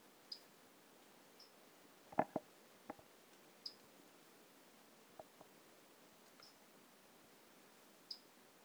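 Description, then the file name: Brachycephalus tridactylus calls: five brief, thin high peeps a few seconds apart over a hissing background, with a cluster of sharp clicks. Two individuals, numbers 11 and 12, not collected; recorded by LF Ribeiro on 10 March 2016. "Brachycephalus tridactylus individual 11 and individual 12 not collected by LF Ribeiro 10 III 16"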